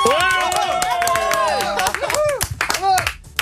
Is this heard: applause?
yes